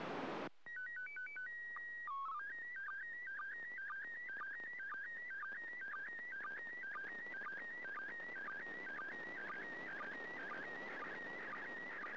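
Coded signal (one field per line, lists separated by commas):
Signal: SSTV (slow-scan television)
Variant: PD 120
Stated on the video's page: SSTV images in PD 120 format from the International Space Station on 145.800 MHz, an ARISS event in memory of a cosmonaut.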